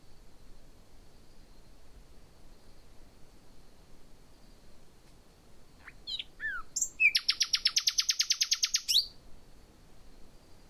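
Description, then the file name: Common nightingale song after a quiet start: a few upswept notes leading into a long, fast, buzzy trill of rapidly repeated notes lasting about two seconds. "Luscinia megarhynchos"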